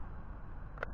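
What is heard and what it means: A gimbal camera mount is lined up by its keyway on a ProMark Shadow GPS drone and twisted into place until it stops, over a steady broadband background hiss. At 0.8 s its plastic locking tab gives a short, sharp snap as it locks in, and the camera mount is seated on the drone body.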